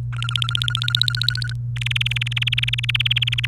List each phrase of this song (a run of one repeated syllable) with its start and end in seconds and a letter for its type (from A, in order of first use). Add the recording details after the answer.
0.13-1.53 A, 1.76-3.46 B. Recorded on 29 April 2018 at 18:17. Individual llb3